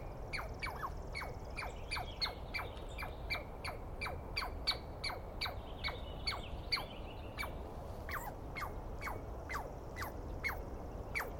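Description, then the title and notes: Douglas squirrel calls: harsh descending chirps repeated rapidly, about two per second, with fainter bird calls in the background. Douglas pine squirrel screaming at length at dawn, morning of 21 April 2017, East Cascades; recordist woken by it; identified by sound, not clearly seen. "On the morning of 21 April, 2017, I set up my microphones and recorder for a nice dawn recording in the East Cascades. I was started awake by a screaming Douglas Pine Squirrel."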